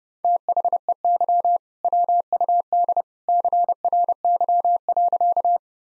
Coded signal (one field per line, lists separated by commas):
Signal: Morse code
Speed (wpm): 32 wpm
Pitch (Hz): 700 Hz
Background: none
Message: THEY WUD CRY.